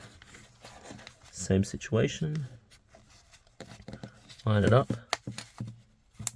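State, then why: Seated. A replacement fabric and memory-foam ear pad is lined up on the left earcup of a pair of Bose headphones, and its plastic clips are pressed into the cup while someone talks. Sharp snaps are heard at 5.4 s and 6.3 s as the clips seat, showing the pad is lined up correctly and snapped into place.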